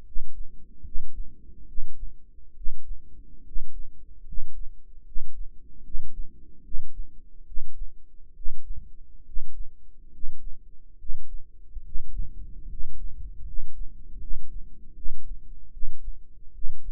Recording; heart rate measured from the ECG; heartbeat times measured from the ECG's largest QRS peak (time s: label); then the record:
heart sounds by microphone in the right ear; 73 bpm
0.05 s: heartbeat
0.84 s: heartbeat
1.67 s: heartbeat
2.55 s: heartbeat
3.44 s: heartbeat
4.25 s: heartbeat
5.04 s: heartbeat
5.83 s: heartbeat
6.63 s: heartbeat
7.45 s: heartbeat
8.34 s: heartbeat
9.25 s: heartbeat
10.11 s: heartbeat
10.97 s: heartbeat
11.83 s: heartbeat
12.68 s: heartbeat
13.44 s: heartbeat
14.19 s: heartbeat
14.94 s: heartbeat
15.71 s: heartbeat
16.52 s: heartbeat
From the record:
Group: healthy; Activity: rest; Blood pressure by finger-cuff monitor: 109/75 mmHg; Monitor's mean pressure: 82 mmHg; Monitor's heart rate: 73 bpm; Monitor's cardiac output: 5.8 L/min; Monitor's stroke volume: 80 mL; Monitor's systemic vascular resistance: 1010 dyn s/cm5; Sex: male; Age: 35 years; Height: 180 cm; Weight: 86.9 kg